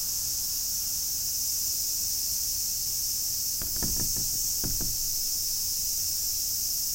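Cicada buzz, an unbroken high hiss, with a short cluster of low knocking taps near the middle.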